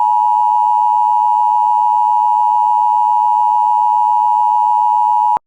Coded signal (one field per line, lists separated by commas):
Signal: Emergency Alert System (SAME) tones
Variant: 853 and 960 Hz attention tone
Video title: Eas alerts